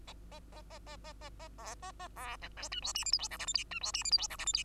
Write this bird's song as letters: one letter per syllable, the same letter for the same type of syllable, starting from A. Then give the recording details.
A A A A A A A A B A A B C D E F G H I J K L M N E F G H I J K L M N. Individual Bird2